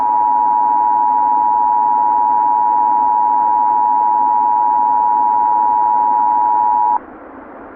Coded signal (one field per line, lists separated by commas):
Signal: Emergency Alert System (SAME) tones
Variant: 853 and 960 Hz attention tone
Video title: Behind The Light - An EAS Scenario / Analog Horror (Obelisk: Part II)